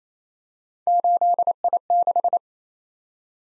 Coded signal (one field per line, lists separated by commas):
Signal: Morse code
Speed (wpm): 27 wpm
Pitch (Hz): 700 Hz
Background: none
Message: 8I6